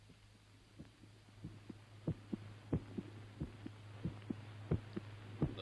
King's College Hospital. The invention, which for short is called the phonostethograph. To record on a disc the actual heart sounds for purposes of diagnosis and future reference.